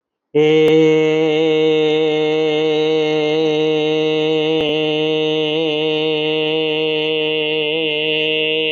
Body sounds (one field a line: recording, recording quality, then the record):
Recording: sustained vowel as in made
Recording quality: excellent, no background noise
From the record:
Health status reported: healthy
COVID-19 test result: not tested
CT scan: not taken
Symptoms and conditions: none ticked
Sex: female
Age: 56 years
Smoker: no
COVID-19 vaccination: none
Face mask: not worn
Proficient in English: no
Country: India